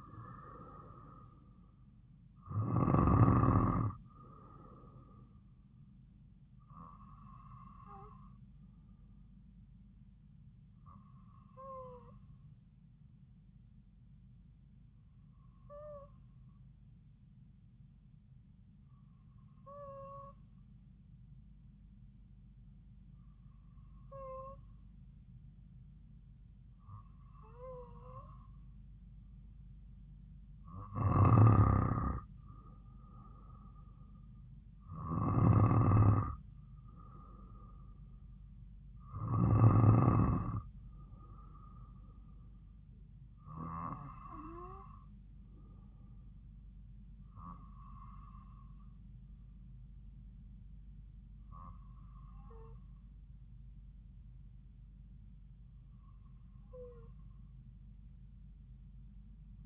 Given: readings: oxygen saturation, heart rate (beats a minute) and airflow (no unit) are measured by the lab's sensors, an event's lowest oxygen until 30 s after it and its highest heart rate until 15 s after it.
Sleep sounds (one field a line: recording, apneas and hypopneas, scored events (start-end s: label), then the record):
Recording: breathing in sleep by a smartphone at the bedside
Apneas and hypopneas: 1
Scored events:
12.00-29.80 s: hypopnea (N2, oxygen 96% highest, then 92% lowest)
From the record:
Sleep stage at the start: N2 (light sleep)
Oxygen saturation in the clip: 91 to 96%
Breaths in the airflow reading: 14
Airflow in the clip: -5.9 to 3.9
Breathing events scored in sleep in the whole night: 270 in 6.1 hours asleep